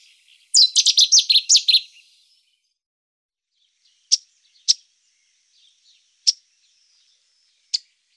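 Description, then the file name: Cetti's warbler song: one loud, rapid burst of about eight sharp high notes, followed by a few isolated sharp clicks spaced about half a second to a second and a half apart. "bouscarle de cetti"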